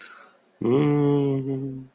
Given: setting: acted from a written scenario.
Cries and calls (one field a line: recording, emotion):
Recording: vocal sound without words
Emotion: romantic love